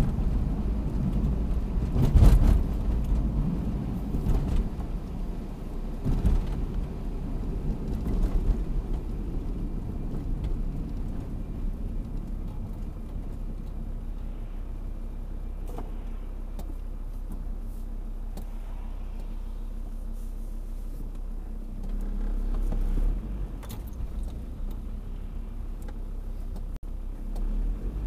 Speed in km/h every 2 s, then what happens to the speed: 52, 52, 52, 46, 36, 26, 16, 7, 3, 0, 0, 0, 5, 0.
0-5 steady at about 52. 5-17 brakes to 0. 17-22 standing.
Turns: none.